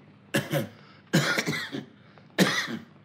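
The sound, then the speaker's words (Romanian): A man coughs in three harsh, raspy fits spaced about a second apart, each breaking into two or three quick hacking bursts, with no talking around them. “De unde luăm bani să-mi cumpăr doctorii să nu mai tușesc?”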